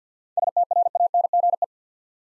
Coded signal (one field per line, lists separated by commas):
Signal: Morse code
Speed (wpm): 50 wpm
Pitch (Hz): 700 Hz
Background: none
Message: STRANGE